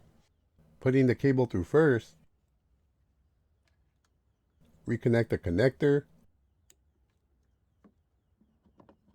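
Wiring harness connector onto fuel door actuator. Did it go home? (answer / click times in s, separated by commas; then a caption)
yes / 6.7 s. A wiring harness connector is plugged back onto a replacement plastic fuel door actuator on a Honda after the cable is put through first. Someone talks, and then a sharp, short click at 6.7 s marks the connector seating. A few faint ticks follow near the end.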